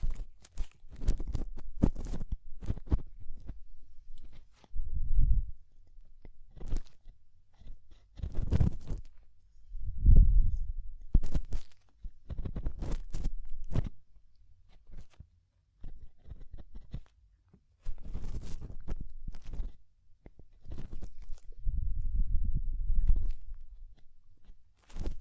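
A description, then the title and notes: Ear cleaning ASMR: irregular bursts of crackly, scratchy rubbing come and go in quick clusters. Deeper, muffled rumbling swells appear around 5, 9–10 and 22–23 seconds, with short quiet gaps between the bursts. ASMR DEEP Ear Penetrating Cleaning (No Talking).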